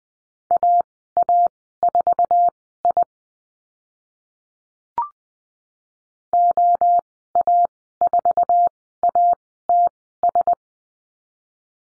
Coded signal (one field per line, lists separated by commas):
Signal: Morse code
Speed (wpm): 20 wpm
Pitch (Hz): 700 Hz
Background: none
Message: AA4I OA4ATS